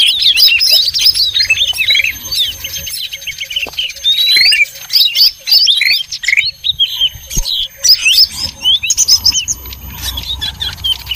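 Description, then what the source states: Birds chattering, high squeaky chirps tumbling over each other, with brief gaps and a few clicks. Noisy bird sounds used as a lure (pikat) to attract birds.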